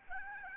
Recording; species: mosquito wingbeat signal from an infrared sensor; Aedes albopictus